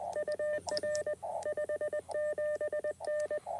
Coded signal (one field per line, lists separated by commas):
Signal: Morse code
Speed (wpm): 20 wpm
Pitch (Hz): 600 Hz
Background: none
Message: UR 57N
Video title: 🏞️ QRP CW POTA Activation at Hagerman NWR | Elecraft K2 + Packtenna EFHW QRP